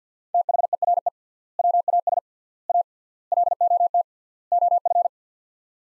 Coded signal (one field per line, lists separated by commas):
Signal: Morse code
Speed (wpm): 50 wpm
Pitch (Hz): 700 Hz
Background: none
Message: THERE WAS A LOT OF